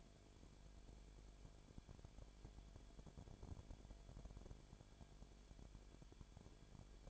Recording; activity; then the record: daily activity, microphone in the room; no activity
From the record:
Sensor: 5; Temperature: 19.8 degrees Celsius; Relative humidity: 33.3%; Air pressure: 1001.4 hPa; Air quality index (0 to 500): 32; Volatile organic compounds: 1 ppm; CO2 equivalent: 525 ppm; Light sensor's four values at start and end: 2/3/1/1 and 2/3/1/1